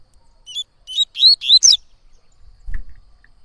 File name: canto de coleiro baiano